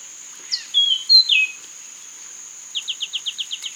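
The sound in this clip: Bird calls: a few high whistled notes, then a rapid run of many short down-slurred chips, over a steady high whine.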